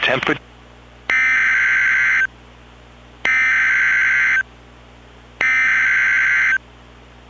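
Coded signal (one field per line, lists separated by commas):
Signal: Emergency Alert System (SAME) tones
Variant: header bursts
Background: speech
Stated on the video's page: Mock EAS scenario for a fictional place, a contaminated food alert followed by a double-header contaminated water warning.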